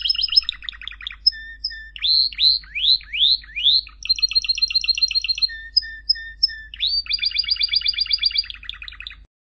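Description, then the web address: Canary song of distinct tours: rapid rattling trills, a series of down-slurred whistles, then long even trills, over a faint low hum that stops near the end. "honarfardi new 1 Canary Sound 4"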